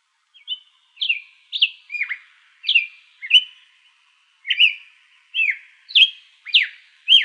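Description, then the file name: Hepatic tanager singing a series of short, clear whistled phrases, rising and falling notes given in quick groups with a brief pause partway through. Arizona, 1 February 2006. "HETA 2 deviche"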